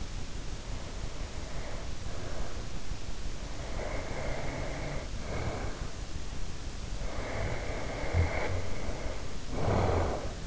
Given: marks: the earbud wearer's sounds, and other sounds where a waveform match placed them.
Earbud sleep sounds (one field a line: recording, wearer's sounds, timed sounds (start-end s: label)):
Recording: sounds in sleep by an in-ear microphone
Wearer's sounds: breath, snoring breath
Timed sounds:
0.37-2.71 s: breath
3.42-5.92 s: breath
6.93-10.47 s: snoring breath